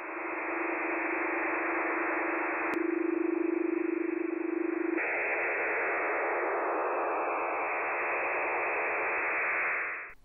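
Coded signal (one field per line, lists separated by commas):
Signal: HF data modem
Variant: STANAG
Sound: steady airplane-like rushing hiss with a low hum, ending abruptly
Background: radio static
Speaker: let's start listening to some of these signal examples first up Stog everyone's favorite the airplane sounding fan no noise that that you find across multiple frequencies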